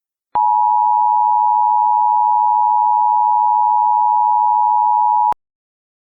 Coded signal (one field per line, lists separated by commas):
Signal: Emergency Alert System (SAME) tones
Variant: 853 and 960 Hz attention tone